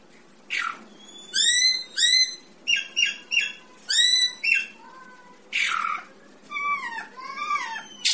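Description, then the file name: Greater racket-tailed drongo song: loud harsh rasping bursts alternating with clear, richly harmonic whistled notes, some rising and some falling, in irregular phrases with short pauses. "tieng cheo beo duoi co hot"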